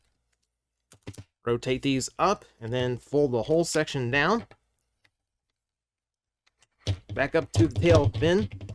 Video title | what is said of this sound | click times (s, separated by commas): Cybertron Starscream (TRU Exclusive) - Random Review | Make sure you hear that nice click when the forearms connect into the shoulder socket. | 0.9 s